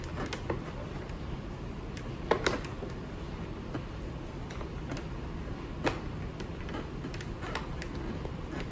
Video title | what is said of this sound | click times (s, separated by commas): วิธีถอดนวมหมวกกันน็อคMT #helmet | ของเขา้ามี3ปุ่มนะคะเข้าล็อคให้เรียบร้อย | 0.3 s, 2.3 s, 7.6 s